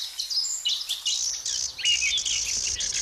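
A songbird sings a steady stream of bright, high chirps and quick warbling trills, with no pauses and no voices, over a faint low rumble.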